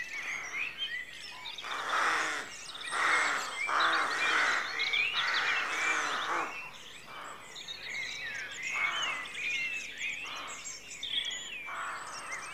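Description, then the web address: Rooks in a noisy chorus of overlapping harsh caws, many birds calling at once, mixed with thin chirps and whistles from smaller songbirds. Rookery at dawn; rural outdoor atmosphere. "The BBC Sound Effects Library. Rookery Dawn"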